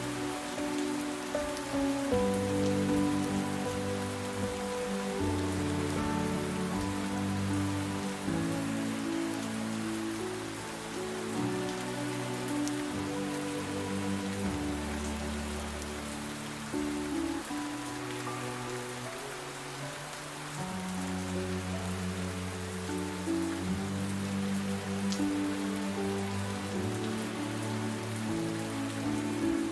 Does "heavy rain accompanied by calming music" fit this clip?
yes